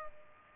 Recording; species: mosquito wingbeat signal from an infrared sensor; Culex pipiens